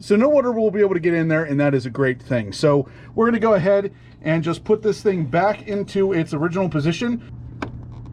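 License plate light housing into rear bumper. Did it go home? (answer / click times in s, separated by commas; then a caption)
yes / 7.6 s. Someone talks about the dielectric-greased bulb connection, which keeps water out, while the license plate light housing on a 2021 Chevy Colorado ZR2 is pushed back into its original position in the rear bumper. A sharp click at 7.6 s marks the housing locking into place, followed by two faint ticks.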